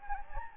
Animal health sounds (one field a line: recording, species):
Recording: mosquito wingbeat signal from an infrared sensor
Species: Anopheles gambiae